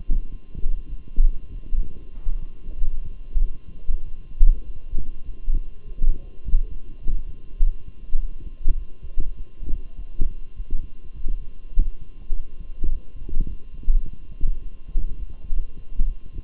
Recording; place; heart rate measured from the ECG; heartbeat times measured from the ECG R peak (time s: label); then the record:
heart sounds by stethoscope; between the tricuspid and mitral areas; 101 bpm
0.28 s: heartbeat
0.87 s: heartbeat
1.49 s: heartbeat
2.13 s: heartbeat
2.76 s: heartbeat
3.39 s: heartbeat
4.02 s: heartbeat
4.63 s: heartbeat
5.24 s: heartbeat
5.84 s: heartbeat
6.43 s: heartbeat
7.01 s: heartbeat
7.59 s: heartbeat
8.18 s: heartbeat
8.76 s: heartbeat
9.35 s: heartbeat
9.95 s: heartbeat
10.55 s: heartbeat
11.14 s: heartbeat
11.73 s: heartbeat
12.32 s: heartbeat
12.89 s: heartbeat
13.46 s: heartbeat
14.03 s: heartbeat
14.60 s: heartbeat
15.16 s: heartbeat
15.73 s: heartbeat
16.31 s: heartbeat
From the record:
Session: walking at 3.7 km/h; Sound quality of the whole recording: good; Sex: male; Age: 23 years